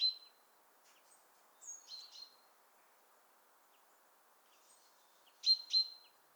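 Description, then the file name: Great tit calling with short bright chips, a run of three then a crisp double note near the end, separated by quiet gaps with faint chirps. "Parus major"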